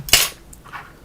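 A low-profile mechanical switch is pulled out of a leverless controller pad's plate with a switch puller, popping free of its hot-swap socket. A sharp click at 0.1 s and a louder snap at 0.1 s mark the release, followed by a faint tick and a soft rustle. The switch comes out.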